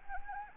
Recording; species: mosquito wingbeat signal from an infrared sensor; Anopheles arabiensis